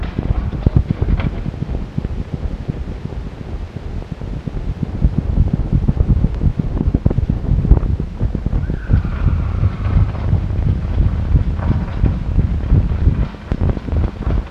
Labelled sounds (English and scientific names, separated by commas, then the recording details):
Red Fox (Vulpes vulpes)
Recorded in captivity
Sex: male
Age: juvenile
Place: Zoologisches Institut der HUB, Berlin, DE
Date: 1952-06-08 12:00
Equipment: Elmetra
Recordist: Tembrock, Günter
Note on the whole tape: Toni im Mittelzimmer, Jupp kratzt an der Tür. Welpe Toni: "ri-ri-ri", stoßend einzeln, vorwiegend einheitlich. Zum großen Teil in sehr schlechter Aufnahmequalität